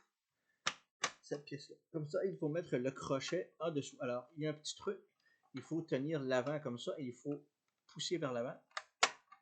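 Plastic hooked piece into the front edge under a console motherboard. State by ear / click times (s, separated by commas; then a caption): seated / 9.0 s. A plastic hooked piece is pushed forward while its front is held, so its hook goes under the front edge of a Nintendo game console's motherboard during reassembly. Someone talks throughout, then a small click is heard at 9.0 s as the hook seats under the motherboard.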